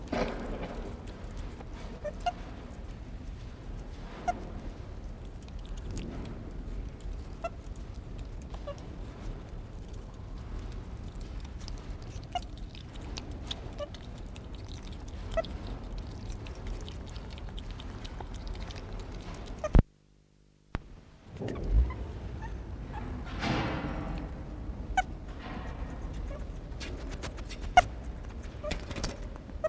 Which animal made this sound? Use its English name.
Broad-striped Malagasy Mongoose